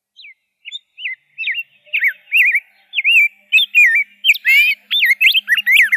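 Rose-breasted grosbeak song starting with a few spaced whistled notes, then building into a fast, rolling warble of looping up-and-down phrases.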